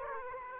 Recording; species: mosquito wingbeat signal from an infrared sensor; Aedes aegypti